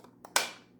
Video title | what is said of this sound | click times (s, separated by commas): Make Ice Cold Drinks Using The Kitchen Aid Ice Shaver Attachment Unboxing and how it works | there we go when you hear the click | 0.4 s